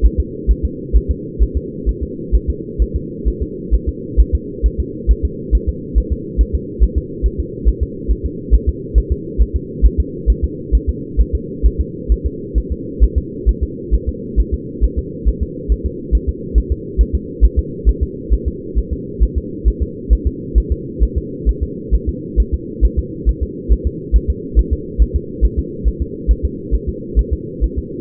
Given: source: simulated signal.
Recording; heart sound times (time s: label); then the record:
fetal heart sounds
0.06 s: S1
0.20 s: S2
0.51 s: S1
0.65 s: S2
0.96 s: S1
1.11 s: S2
1.43 s: S1
1.57 s: S2
1.89 s: S1
2.03 s: S2
2.35 s: S1
2.50 s: S2
2.82 s: S1
2.96 s: S2
3.28 s: S1
3.43 s: S2
3.74 s: S1
3.89 s: S2
4.20 s: S1
4.35 s: S2
4.66 s: S1
4.80 s: S2
5.11 s: S1
5.25 s: S2
5.55 s: S1
5.69 s: S2
5.98 s: S1
6.12 s: S2
6.41 s: S1
6.55 s: S2
6.83 s: S1
6.98 s: S2
7.26 s: S1
7.40 s: S2
7.69 s: S1
7.83 s: S2
8.11 s: S1
8.26 s: S2
8.55 s: S1
8.69 s: S2
8.98 s: S1
9.12 s: S2
9.41 s: S1
9.56 s: S2
9.86 s: S1
10.00 s: S2
10.30 s: S1
10.44 s: S2
10.75 s: S1
10.89 s: S2
11.21 s: S1
11.35 s: S2
11.66 s: S1
11.81 s: S2
12.12 s: S1
12.26 s: S2
12.58 s: S1
12.72 s: S2
13.03 s: S1
13.18 s: S2
13.49 s: S1
13.63 s: S2
13.94 s: S1
14.09 s: S2
14.40 s: S1
14.54 s: S2
14.84 s: S1
14.99 s: S2
15.28 s: S1
15.43 s: S2
15.72 s: S1
15.86 s: S2
16.15 s: S1
16.29 s: S2
16.58 s: S1
16.72 s: S2
17.01 s: S1
17.15 s: S2
17.44 s: S1
17.59 s: S2
17.89 s: S1
18.03 s: S2
18.33 s: S1
18.48 s: S2
18.78 s: S1
18.93 s: S2
19.23 s: S1
19.38 s: S2
19.68 s: S1
19.82 s: S2
20.13 s: S1
20.27 s: S2
20.58 s: S1
20.72 s: S2
21.03 s: S1
21.18 s: S2
21.49 s: S1
21.63 s: S2
21.94 s: S1
22.09 s: S2
22.40 s: S1
22.54 s: S2
22.85 s: S1
22.99 s: S2
23.29 s: S1
23.43 s: S2
23.72 s: S1
23.87 s: S2
24.16 s: S1
24.30 s: S2
24.59 s: S1
24.73 s: S2
25.02 s: S1
25.16 s: S2
25.45 s: S1
25.59 s: S2
25.88 s: S1
26.02 s: S2
26.31 s: S1
26.45 s: S2
26.75 s: S1
26.89 s: S2
27.19 s: S1
27.33 s: S2
27.64 s: S1
27.78 s: S2
From the record:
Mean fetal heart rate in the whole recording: 135 bpm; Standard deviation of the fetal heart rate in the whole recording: 3 bpm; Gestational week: 34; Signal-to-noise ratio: -4.1 dB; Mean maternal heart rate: no maternal heart sound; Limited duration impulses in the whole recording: absent